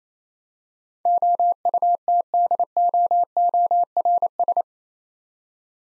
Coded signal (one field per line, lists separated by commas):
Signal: Morse code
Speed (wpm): 28 wpm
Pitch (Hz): 700 Hz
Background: none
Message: OUTDOORS